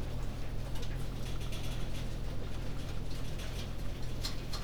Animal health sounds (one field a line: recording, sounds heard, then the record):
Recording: poultry house recording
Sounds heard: no chicken sound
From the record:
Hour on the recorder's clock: 20